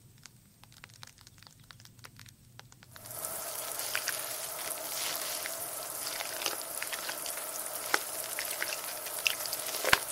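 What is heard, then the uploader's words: Head spa sounds: for the first three seconds, faint scattered clicks and soft ticks over near silence. Then a steady, bright hiss like steam or spraying water starts and holds, with small crackles and wet squishes throughout and sharper clicks near eight and ten seconds. First Person Head Spa Hair Wash, Brushing, Oil Ear Massage, Steam Mask.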